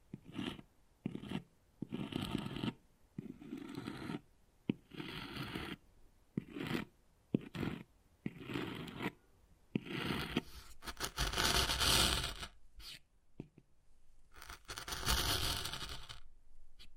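Wood carving with repeated scraping and rasping strokes, each lasting about a second and separated by brief pauses. Sharp taps mark some stroke starts. After about ten seconds the strokes grow longer, louder and brighter, more hissing scratches than short scrapes.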